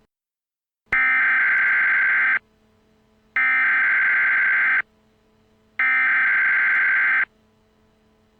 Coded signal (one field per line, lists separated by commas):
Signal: Emergency Alert System (SAME) tones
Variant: header bursts